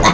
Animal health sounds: pig call; piglet (1 to 25 days)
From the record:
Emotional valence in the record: positive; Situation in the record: reunion after long isolation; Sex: male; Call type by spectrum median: low-frequency call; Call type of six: low-frequency tonal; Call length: 0.14 s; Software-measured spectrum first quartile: 616 Hz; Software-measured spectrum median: 1192 Hz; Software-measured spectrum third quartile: 3245 Hz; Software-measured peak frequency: 1082 Hz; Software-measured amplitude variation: 115 dB a second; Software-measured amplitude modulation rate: 10.7 a second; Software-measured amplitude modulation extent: 10.7 dB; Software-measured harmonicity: -0.1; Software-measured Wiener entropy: -1.93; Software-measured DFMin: 624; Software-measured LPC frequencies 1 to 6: 1060, 2050, 3635, 4214, 6470, 7651 Hz

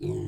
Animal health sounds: pig call; weaner (32 to 43 days)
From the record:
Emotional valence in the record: negative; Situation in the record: negative conditioning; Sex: female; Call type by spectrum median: low-frequency call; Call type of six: low-frequency stable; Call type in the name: low-frequency stable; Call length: 0.28 s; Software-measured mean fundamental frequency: 51 Hz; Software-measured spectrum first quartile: 128 Hz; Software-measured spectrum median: 262 Hz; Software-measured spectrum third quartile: 386 Hz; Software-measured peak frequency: 352 Hz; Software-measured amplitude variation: 127 dB a second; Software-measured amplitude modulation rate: 32.4 a second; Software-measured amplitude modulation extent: 3.9 dB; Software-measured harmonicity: 1.2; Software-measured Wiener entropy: -0.32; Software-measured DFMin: 933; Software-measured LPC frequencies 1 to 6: 344, 2371, 3142, 4049, 5551, 6747 Hz

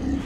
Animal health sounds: pig call; growing-finishing pig (85 days or more)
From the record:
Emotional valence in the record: negative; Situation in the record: barren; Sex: female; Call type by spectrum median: low-frequency call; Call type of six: low-frequency stable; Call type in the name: low-frequency stable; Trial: 3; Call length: 0.26 s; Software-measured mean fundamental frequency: 42 Hz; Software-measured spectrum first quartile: 135 Hz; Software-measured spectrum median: 253 Hz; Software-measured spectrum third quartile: 383 Hz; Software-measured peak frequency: 272 Hz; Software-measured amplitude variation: 142 dB a second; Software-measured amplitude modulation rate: 23.1 a second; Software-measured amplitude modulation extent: 6.2 dB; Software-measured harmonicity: 0.8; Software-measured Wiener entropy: -0.59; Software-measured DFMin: 958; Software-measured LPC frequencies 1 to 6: 291, 1877, 2663, 3227, 4023, 4711 Hz

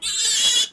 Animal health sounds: pig call; piglet (1 to 25 days)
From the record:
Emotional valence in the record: negative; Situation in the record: restrain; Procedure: sham castration, cut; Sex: male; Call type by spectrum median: high-frequency call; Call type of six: high-frequency modulated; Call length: 0.73 s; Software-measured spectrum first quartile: 3495 Hz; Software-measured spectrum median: 5063 Hz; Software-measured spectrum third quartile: 7696 Hz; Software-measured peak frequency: 3349 Hz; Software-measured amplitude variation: 89 dB a second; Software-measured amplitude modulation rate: 17.2 a second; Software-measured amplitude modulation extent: 5.2 dB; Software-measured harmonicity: 5.7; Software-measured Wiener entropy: -2.23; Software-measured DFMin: 607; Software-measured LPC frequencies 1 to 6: 1787, 2943, 3384, 3970, 4933, 7469 Hz

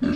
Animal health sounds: pig call; growing-finishing pig (85 days or more)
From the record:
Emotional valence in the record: negative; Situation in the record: barren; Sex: male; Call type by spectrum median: low-frequency call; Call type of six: low-frequency stable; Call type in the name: low-frequency stable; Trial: 2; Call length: 0.16 s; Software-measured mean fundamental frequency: 47 Hz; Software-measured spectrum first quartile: 233 Hz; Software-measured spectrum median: 299 Hz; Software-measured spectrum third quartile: 662 Hz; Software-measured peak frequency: 250 Hz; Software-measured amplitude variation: 148 dB a second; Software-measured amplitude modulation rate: 24.8 a second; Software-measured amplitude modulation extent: 6.0 dB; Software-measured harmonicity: 6.2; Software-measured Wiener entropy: -1.33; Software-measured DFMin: 819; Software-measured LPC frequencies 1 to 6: 289, 1539, 2656, 3444, 4439, 5361 Hz

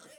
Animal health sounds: pig call; piglet (1 to 25 days)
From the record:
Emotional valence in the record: negative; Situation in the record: long isolation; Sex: male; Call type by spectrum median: high-frequency call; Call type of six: mixed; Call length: 0.18 s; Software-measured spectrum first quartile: 796 Hz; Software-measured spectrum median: 2701 Hz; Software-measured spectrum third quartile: 6881 Hz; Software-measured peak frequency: 607 Hz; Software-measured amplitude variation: 84 dB a second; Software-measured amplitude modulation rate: 24.8 a second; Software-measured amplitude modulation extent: 3.4 dB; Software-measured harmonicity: 2.5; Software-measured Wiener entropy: -1.63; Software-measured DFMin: 602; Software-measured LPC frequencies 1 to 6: 587, 1486, 2030, 3057, 3751, 5450 Hz

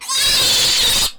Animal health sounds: pig call; piglet (1 to 25 days)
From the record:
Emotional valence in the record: negative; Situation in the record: castration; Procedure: castration, shear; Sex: male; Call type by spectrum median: high-frequency call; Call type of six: high-frequency modulated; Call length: 1.18 s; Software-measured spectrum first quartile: 3466 Hz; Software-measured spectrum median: 4650 Hz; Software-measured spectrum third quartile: 7089 Hz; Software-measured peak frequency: 3856 Hz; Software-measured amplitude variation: 69 dB a second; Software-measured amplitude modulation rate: 22.4 a second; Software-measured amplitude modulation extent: 3.1 dB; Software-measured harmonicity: 2.6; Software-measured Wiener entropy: -1.63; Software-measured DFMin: 552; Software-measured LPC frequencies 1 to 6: 961, 1841, 3746, 4669, 6184, 7083 Hz

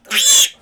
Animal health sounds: pig call; piglet (1 to 25 days)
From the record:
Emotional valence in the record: negative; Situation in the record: restrain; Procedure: back test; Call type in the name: high-frequency call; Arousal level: maximum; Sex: male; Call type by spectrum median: high-frequency call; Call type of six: high-frequency stable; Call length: 0.62 s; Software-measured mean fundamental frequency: 472 Hz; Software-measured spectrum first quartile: 3277 Hz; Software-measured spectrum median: 5561 Hz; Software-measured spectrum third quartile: 7498 Hz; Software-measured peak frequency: 3448 Hz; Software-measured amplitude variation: 159 dB a second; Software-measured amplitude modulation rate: 10.5 a second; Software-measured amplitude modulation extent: 15.0 dB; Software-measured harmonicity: 4.6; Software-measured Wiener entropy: -2.20

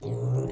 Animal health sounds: pig call; weaner (32 to 43 days)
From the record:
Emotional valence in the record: negative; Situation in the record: long isolation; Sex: female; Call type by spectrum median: low-frequency call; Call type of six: low-frequency stable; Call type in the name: low-frequency stable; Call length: 0.52 s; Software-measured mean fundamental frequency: 61 Hz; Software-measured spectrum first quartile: 125 Hz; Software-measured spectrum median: 193 Hz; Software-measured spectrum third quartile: 448 Hz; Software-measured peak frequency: 129 Hz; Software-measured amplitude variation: 87 dB a second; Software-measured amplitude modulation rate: 15.5 a second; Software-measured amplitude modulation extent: 5.6 dB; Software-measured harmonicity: -2.6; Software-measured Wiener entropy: -0.61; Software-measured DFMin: 1090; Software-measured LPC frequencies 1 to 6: 374, 2041, 2863, 3692, 4286, 6722 Hz

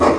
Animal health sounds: pig call; growing-finishing pig (85 days or more)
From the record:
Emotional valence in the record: positive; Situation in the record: run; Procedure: transit

